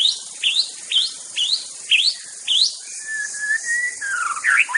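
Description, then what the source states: White-rumped shama song: five quick upswept whistles at a steady beat, followed by a drawn-out clear whistle and a jumbled flourish of notes. Wild bird from the forest.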